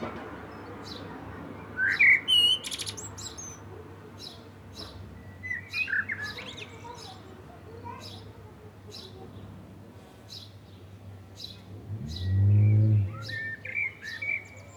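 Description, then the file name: Common blackbird: a brief fluted phrase with a high twittery flourish, then fainter snatches, against repeated ticking from another bird and a deep rumbling noise near the end. "Turdus merula"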